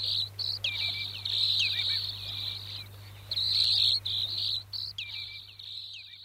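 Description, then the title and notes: Broad-billed sandpiper giving dry, buzzy trilled calls in repeated bursts, with short descending notes in between and a steady low hum underneath. "Viikon luontoääni: Jänkäsirriäinen. Pertti Koskimies"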